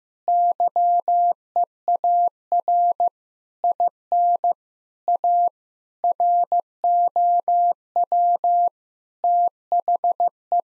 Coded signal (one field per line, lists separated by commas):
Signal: Morse code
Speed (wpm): 15 wpm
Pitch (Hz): 700 Hz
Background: none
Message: YEAR IN A ROW THE